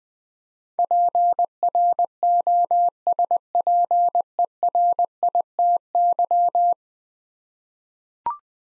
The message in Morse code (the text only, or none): PROSPERITY